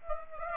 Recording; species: mosquito wingbeat signal from an infrared sensor; Aedes aegypti